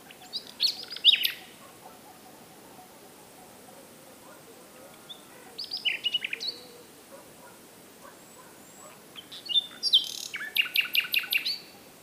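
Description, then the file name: Common nightingale song in three separate phrases, each mixing clear whistles with quick repeated notes; the last phrase is the longest, with quiet gaps between. "Luscinia megarhynchos"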